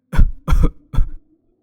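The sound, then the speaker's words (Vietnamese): An old woman coughs three times in quick succession, harsh, throaty bursts forming a violent fit, followed by a faint low hum as the sound dies away. “Một tràng ho dữ dội như rút hết không khí của người phụ nữ già nua vang lên.”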